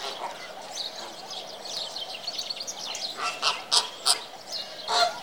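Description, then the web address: Flamingo calls: a steady background of many goose-like honks and chatter from a flock, with a few louder nasal honks standing out near the end. "фламинго"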